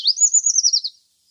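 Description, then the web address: Eurasian treecreeper song fragment, a rapid series of thin, very high notes lasting about a second, slightly descending at the end, then silence. "Schulze Peter Eurasian Treecreeper song"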